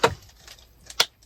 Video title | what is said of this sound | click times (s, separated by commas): The LAST Fish Scale You’ll Ever Need | Yep, there you go, heard the click. | 1.0 s